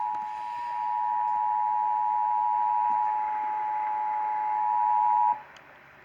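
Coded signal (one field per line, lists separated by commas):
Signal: Emergency Alert System (SAME) tones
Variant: 853 and 960 Hz attention tone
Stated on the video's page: Real EAS thunderstorm alerts.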